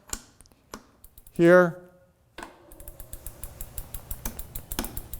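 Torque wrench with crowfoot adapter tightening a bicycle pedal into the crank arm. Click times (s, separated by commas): 4.7 s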